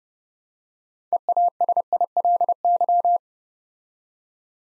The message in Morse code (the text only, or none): EASILY